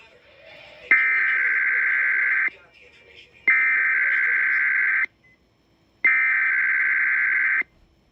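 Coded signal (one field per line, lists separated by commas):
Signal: Emergency Alert System (SAME) tones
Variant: header bursts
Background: speech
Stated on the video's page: KDKA Required Weekly Test, with a relay via WAHC.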